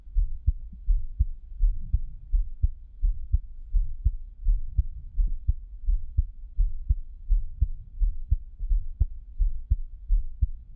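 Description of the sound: Steady, deep thumping beats at about 85 per minute, with a soft low hum between them and no speech. It is an adult heartbeat heard close up, a regular lub-dub rhythm.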